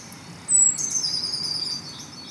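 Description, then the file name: Eurasian blue tit song: one phrase that opens with a thin high whistle and drops into a quick, tinkling trill lasting about a second. "Cyanistes caeruleus"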